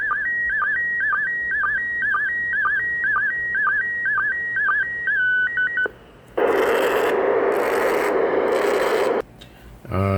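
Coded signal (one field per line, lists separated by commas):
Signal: SSTV (slow-scan television)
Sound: warbling tone with regular quick chirping blips for six seconds, then loud hiss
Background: broadband noise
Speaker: simply play back the audio and you should be able to decode some pretty good images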